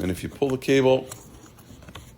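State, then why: Seated. A door handle cable on a Dodge Journey / Fiat Freemont front door is pulled past the hole in the door panel while someone talks, then a faint, sharp click is heard at 1.9 s. The cable clips into the hole and is locked in place.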